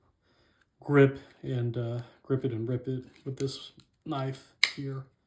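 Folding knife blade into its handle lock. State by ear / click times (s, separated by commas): not seated / none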